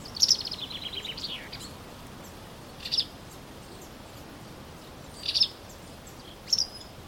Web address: linnut vastarakki